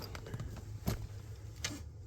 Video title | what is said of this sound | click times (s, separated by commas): 1970s kenwood SX-450 stereo light bulb substitute and install. | it snapped right in | 1.7 s